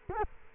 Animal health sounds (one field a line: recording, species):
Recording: mosquito wingbeat signal from an infrared sensor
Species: Culex quinquefasciatus